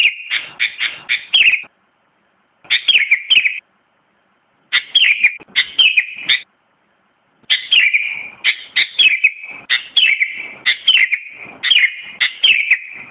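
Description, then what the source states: Sooty-headed bulbul song in bursts of quick, bubbling warbled notes separated by one-second pauses, becoming a steady continuous chatter in the second half. Described as singing vigorously ('gacor').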